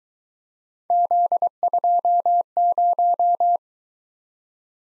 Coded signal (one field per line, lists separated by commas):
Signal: Morse code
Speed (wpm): 22 wpm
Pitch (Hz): 700 Hz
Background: none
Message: Z20